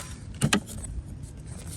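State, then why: Seated. A fully charged rechargeable battery pack is pushed into the battery bay of a Greenworks portable pressure washer with its power switched off. A short scrape and a sharp knock at 0.4 s lead into a loud click at 0.5 s as the pack seats, followed by a faint tick and a low, steady background rumble.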